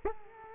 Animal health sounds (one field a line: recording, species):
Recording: mosquito wingbeat signal from an infrared sensor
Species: Culex quinquefasciatus